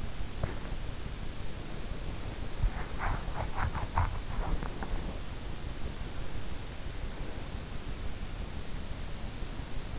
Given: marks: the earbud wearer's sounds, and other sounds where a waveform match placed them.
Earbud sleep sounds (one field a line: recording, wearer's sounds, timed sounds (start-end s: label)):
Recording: sounds in sleep by an in-ear microphone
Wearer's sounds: body movement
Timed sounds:
0.00-5.66 s: body movement